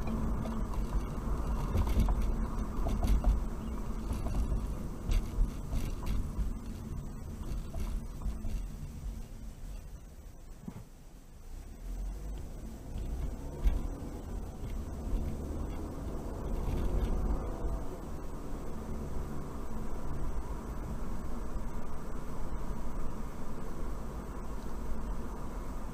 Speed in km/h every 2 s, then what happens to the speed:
47, 45, 35, 27, 15, 6, 13, 24, 34, 40, 44, 45, 47.
0-9 brakes to 6. 11-26 speeds up to 47.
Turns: none.